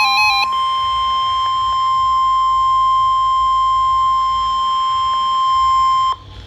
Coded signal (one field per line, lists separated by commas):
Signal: Emergency Alert System (SAME) tones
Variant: 1050 Hz attention tone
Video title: EAS Tripleheader Toronto warning flood watch severe thunderstorm warning